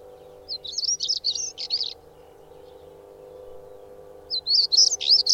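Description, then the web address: Bird singing two fast, squeaky twittering phrases with a pause between them and a soft constant hum underneath. "madarak enek"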